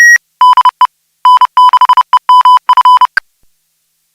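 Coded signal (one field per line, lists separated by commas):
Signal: Morse code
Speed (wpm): 30 wpm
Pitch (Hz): 1000 Hz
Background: none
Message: DE N6EMF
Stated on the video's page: SSTV net on an FM repeater at 441.300 MHz in Sacramento; Morse likely repeater ident.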